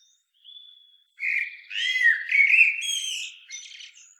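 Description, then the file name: Common blackbird song: a thin high whistle, then a mellow fluted warble that breaks into a squeaky, scratchy twitter before fading. "Turdus merula"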